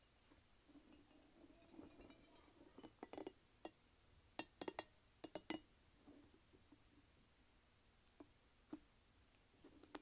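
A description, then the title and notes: A light-up spiky ball makes sharp little taps and clinks, bunched around three to five and a half seconds and then scattered singly near eight, nine and ten seconds. A low, soft murmur hums steadily underneath the whole time. ASMR Light-Up Spiky Ball.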